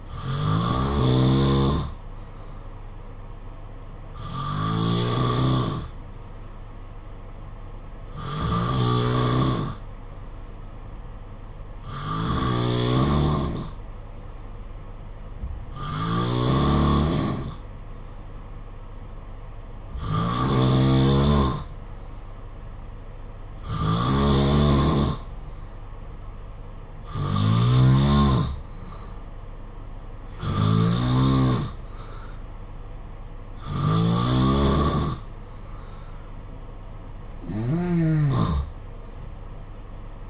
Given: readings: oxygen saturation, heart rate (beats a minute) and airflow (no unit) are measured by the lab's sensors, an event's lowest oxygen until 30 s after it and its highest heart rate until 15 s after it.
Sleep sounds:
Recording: breathing in sleep by a smartphone at the bedside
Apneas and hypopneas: none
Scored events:
none scored
From the record:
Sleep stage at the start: N2 (light sleep)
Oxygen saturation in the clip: 89 to 92%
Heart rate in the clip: 57 to 62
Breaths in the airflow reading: 11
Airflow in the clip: -4.3 to 3.7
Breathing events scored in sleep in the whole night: 476 in 9.7 hours asleep

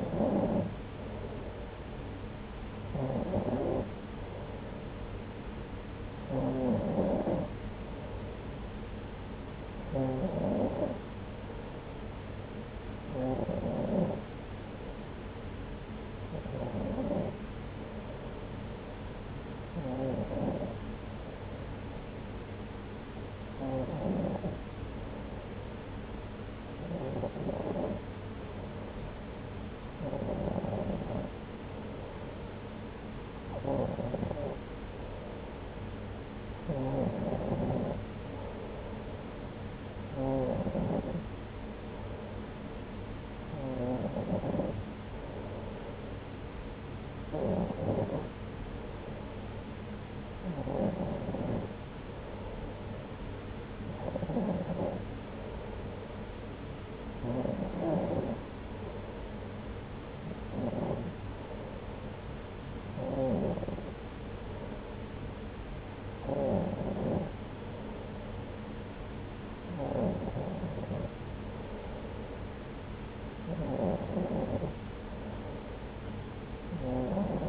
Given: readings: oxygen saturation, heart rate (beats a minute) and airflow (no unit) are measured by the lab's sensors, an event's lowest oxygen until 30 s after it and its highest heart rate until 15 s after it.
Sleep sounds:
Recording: breathing in sleep by a voice recorder at the bedside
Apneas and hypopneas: none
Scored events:
none scored
From the record:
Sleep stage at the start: N2 (light sleep)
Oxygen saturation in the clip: 93%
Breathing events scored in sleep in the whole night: 303 in 8.1 hours asleep

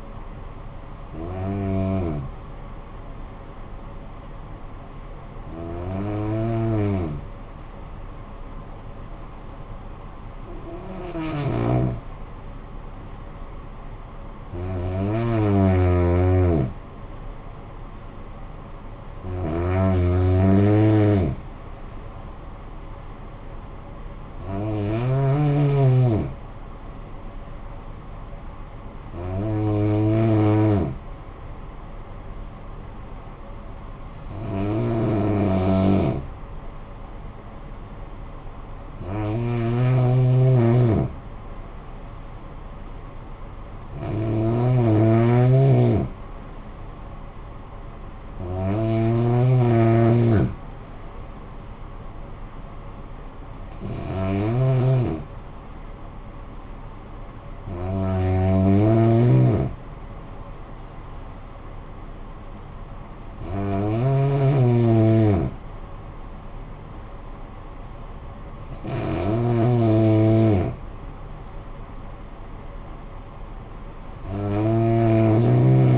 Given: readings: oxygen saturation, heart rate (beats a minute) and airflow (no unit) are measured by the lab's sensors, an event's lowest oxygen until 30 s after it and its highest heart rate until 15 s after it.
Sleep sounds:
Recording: breathing in sleep by a smartphone at the bedside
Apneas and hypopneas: 1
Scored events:
3.00-13.00 s: hypopnea (N1, oxygen 97% highest, then 92% lowest, heart rate 52 at the start, 56 highest)
25.00-75.98 s: new sleep stage, N2 (light sleep)
From the record:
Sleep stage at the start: N1 (lightest sleep)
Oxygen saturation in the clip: 92 to 97%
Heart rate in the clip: 51 to 58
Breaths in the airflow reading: 15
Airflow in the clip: -10.2 to 7.2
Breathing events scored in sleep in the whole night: 445 in 7.6 hours asleep

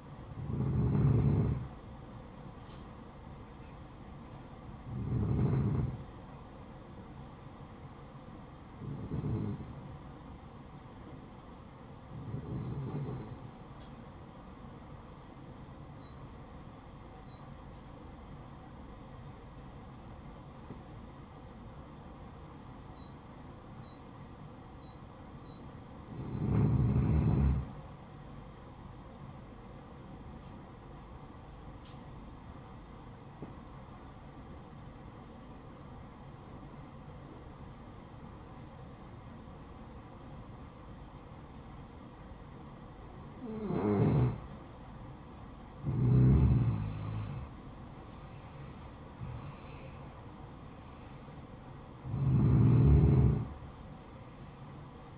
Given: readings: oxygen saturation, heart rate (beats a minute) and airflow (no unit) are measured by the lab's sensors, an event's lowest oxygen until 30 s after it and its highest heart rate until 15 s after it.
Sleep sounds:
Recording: breathing in sleep by a smartphone at the bedside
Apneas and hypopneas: 1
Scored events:
6.00-36.00 s: new sleep stage, N2 (light sleep)
17.00-45.50 s: hypopnea (N2, oxygen 95% highest, then 91% lowest, heart rate 59 at the start, 65 highest)
36.00-55.18 s: new sleep stage, N1 (lightest sleep)
From the record:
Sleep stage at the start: N1 (lightest sleep)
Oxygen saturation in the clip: 90 to 95%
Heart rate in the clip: 53 to 65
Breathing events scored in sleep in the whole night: 573 in 9.8 hours asleep

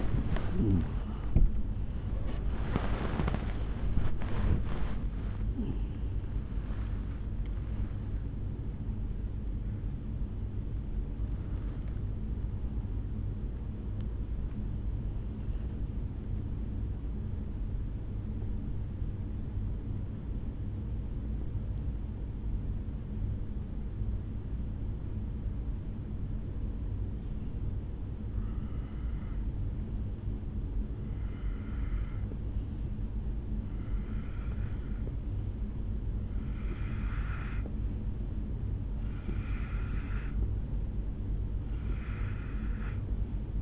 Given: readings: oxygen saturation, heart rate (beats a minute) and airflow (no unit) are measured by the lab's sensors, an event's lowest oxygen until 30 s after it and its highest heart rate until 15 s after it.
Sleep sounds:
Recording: a person awake in a sleep study, by a smartphone at the bedside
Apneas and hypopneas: 1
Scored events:
0.00-32.00 s: awake
21.00-38.00 s: hypopnea (scored as awake, oxygen 98% highest, then 90% lowest, heart rate 59 at the start, 65 highest)
23.00-43.62 s: new sleep stage, N1 (lightest sleep)
From the record:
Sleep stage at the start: awake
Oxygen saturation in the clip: 82 to 98%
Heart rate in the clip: 57 to 73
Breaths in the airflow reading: 13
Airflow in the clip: -8.2 to 9.5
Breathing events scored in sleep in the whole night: 449 in 7.0 hours asleep

